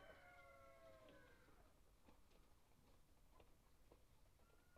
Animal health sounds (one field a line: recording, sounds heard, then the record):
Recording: poultry house recording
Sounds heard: healthy chickens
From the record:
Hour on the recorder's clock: 1